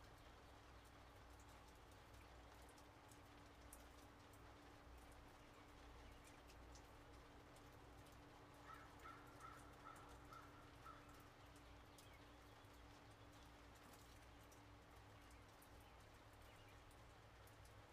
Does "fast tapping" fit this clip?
no